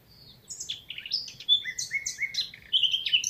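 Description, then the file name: Eurasian blackcap giving a quick, jumbled warble that mixes high scratchy notes with clearer lower whistles, with a faint hum underneath. "Sylvia atricapilla"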